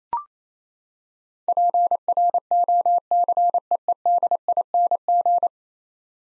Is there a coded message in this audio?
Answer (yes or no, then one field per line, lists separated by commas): yes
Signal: Morse code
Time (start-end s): 1.5-5.5 s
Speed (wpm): 27 wpm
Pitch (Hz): 700 Hz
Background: none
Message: PROCEEDING